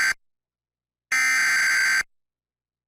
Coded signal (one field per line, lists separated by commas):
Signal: Emergency Alert System (SAME) tones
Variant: header bursts